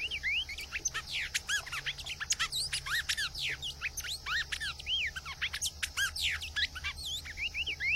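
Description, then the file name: Cinnamon tanager song: dense, continuous whistled notes with rising and falling slurs, over a faint low hum. "Canto do bico de veludo"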